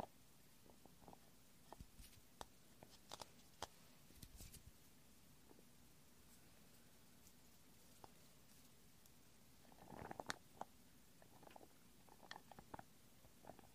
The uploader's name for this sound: Assorted Gentle Sounds .. Silent . Clicky . Sticky . Soapy